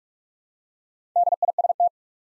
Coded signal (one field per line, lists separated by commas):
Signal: Morse code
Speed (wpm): 44 wpm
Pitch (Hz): 700 Hz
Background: none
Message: DIST